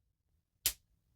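A brass slip cap is pushed onto the section of a fountain pen and snaps home, seating with a single sharp, bright click at 0.6 s. The snap is brief, and quiet low rumble is heard before and after it.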